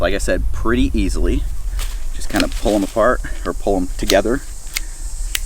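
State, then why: Seated. Someone talks while carbon fiber folding trekking pole sections are pulled together, each section snapping into the adjacent one until the locking button clicks. Sharp clicks are heard at 4.8 s and 5.4 s as the section seats into place.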